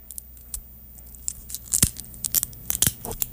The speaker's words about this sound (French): Tu vas pouvoir enlever les petites feuilles sur notre kaki et tu vas pouvoir tout couper ça dans ce micro magique-là.